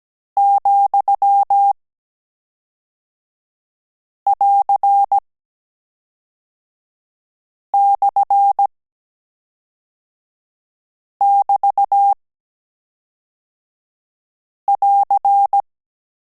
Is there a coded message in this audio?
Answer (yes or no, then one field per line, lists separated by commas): yes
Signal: Morse code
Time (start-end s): 0.4-15.6 s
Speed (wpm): 17 wpm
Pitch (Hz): 800 Hz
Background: none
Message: ,<AR>/<BT><AR>